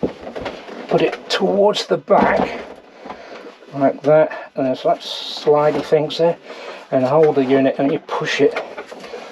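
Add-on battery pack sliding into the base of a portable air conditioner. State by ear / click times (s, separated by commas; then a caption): not seated / none. An add-on battery pack is placed towards the back of an EcoFlow Wave 2 portable air conditioner and slid along the rails into its base while the unit is held and pushed. Someone talks throughout over soft handling and sliding sounds. Nothing has seated or clicked yet.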